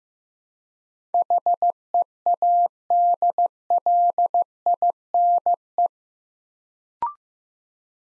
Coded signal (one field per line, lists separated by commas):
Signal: Morse code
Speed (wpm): 15 wpm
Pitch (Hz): 700 Hz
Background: none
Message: HEADLINE